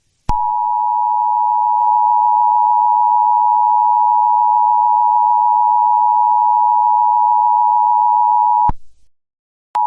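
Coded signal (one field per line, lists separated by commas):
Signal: Emergency Alert System (SAME) tones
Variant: 853 and 960 Hz attention tone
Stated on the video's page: Mock EAS with valid EAS tones.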